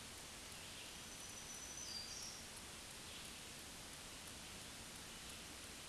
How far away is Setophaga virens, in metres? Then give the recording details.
about 45 m. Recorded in a Pennsylvania forest on 1 June 2023 at 07:18. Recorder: AudioMoth, point grid3_7_high. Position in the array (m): 166 m, 19 m